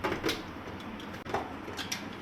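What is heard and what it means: A mixer grinder jar loaded with dates and palm jaggery is being handled and twisted onto its motor base, giving brief scraping and knocking sounds, with a short sharp transient near 1.9 s. The jar has not yet locked onto the base, and nothing has seated or clicked yet.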